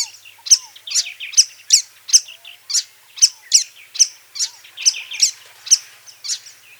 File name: buffy hummingbird